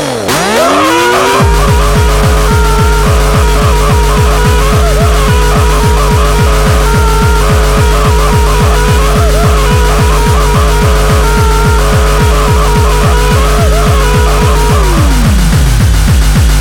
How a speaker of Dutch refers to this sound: Dat moet gezogen worden! Wat is dat haar? Een stofzuiger! Even kijken, even drukken! Godzijdank! Dat gaat hard! Dat gaat hard!